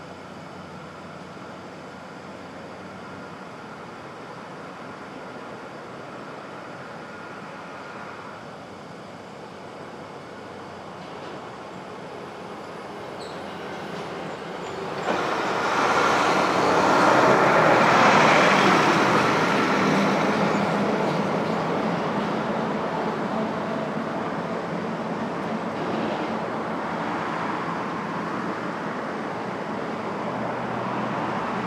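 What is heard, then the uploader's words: Brooklyn street traffic at dawn: a steady low rumble, with a louder vehicle swelling past around 15 to 20 seconds before settling back. Brooklyn Dawn, 4 - 17 - 20, Street Traffic II.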